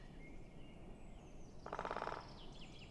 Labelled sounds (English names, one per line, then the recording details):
Great Spotted Woodpecker
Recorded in Germany
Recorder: ecoPi